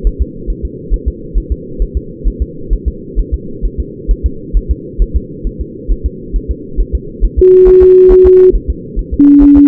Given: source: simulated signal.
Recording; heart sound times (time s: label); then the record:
fetal heart sounds
0.07 s: S1
0.22 s: S2
0.50 s: S1
0.65 s: S2
0.94 s: S1
1.08 s: S2
1.38 s: S1
1.52 s: S2
1.82 s: S1
1.97 s: S2
2.27 s: S1
2.42 s: S2
2.73 s: S1
2.88 s: S2
3.19 s: S1
3.34 s: S2
3.65 s: S1
3.80 s: S2
4.11 s: S1
4.26 s: S2
4.57 s: S1
4.71 s: S2
5.02 s: S1
5.16 s: S2
5.47 s: S1
5.61 s: S2
5.91 s: S1
6.06 s: S2
6.36 s: S1
6.51 s: S2
6.81 s: S1
6.95 s: S2
7.25 s: S1
7.39 s: S2
7.68 s: S1
7.83 s: S2
8.12 s: S1
8.26 s: S2
8.55 s: S1
8.70 s: S2
8.99 s: S1
9.14 s: S2
9.43 s: S1
9.57 s: S2
From the record:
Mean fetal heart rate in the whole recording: 135 bpm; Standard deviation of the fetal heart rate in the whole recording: 3 bpm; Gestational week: 36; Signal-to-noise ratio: -4.3 dB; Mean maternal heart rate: 72 bpm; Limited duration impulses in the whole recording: present